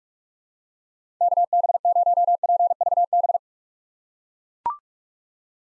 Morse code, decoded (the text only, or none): KB0PVB